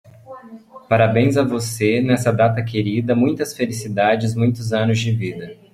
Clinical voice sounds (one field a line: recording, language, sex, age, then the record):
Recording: short text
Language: Brazilian Portuguese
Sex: male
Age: 20 to 29 years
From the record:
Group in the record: control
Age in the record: 20 years